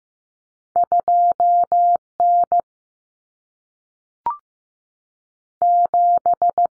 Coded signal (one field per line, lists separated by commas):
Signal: Morse code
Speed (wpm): 15 wpm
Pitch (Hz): 700 Hz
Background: none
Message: 2N 7